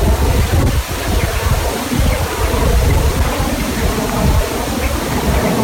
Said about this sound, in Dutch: Ondertussen heb ik het geluid opgezocht van zo'n windmolen en je hoort hem echt duidelijk door de wind heen. Het klinkt dan zo.